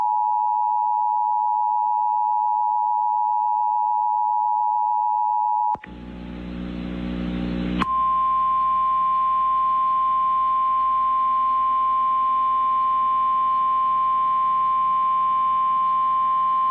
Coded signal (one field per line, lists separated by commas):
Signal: Emergency Alert System (SAME) tones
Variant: 853 and 960 Hz attention tone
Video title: EAS Compilation Alerts for Hurricane Florence 9-11-2018 to 9-16-2018